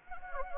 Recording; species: mosquito wingbeat signal from an infrared sensor; Anopheles gambiae